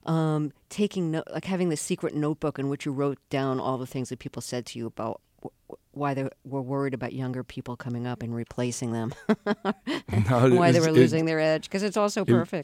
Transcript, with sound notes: taking like, having this secret notebook in which you wrote down all the things that people said to you about why they were worried about younger people coming up and replacing them.
(LAUGHTER)
And why they were losing their edge because it's all so perfect.